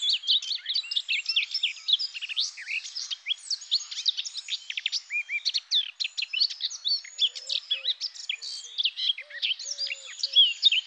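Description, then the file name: Eurasian blackcap in a dense, continuous chattering warble of sharp high notes, with a few soft, low whistled notes underneath toward the end. "Fauvette-à-tête-noire"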